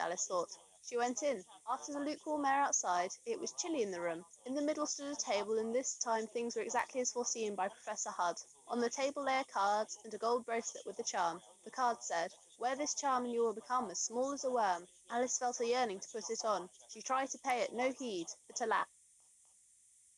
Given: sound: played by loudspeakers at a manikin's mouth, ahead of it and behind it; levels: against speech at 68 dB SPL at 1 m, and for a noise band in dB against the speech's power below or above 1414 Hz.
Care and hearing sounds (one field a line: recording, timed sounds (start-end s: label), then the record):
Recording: test signals for a remote microphone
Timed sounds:
0.00-18.83 s: woman speaking, babble ahead at +6 dB SNR for speech at 1 m
From the record:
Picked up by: remote microphone D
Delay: 24 ms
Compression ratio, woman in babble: 1.06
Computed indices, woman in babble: HASPI 0.873, HASQI 0.329 (non-linear 0.380, linear 0.865), ESTOI 0.825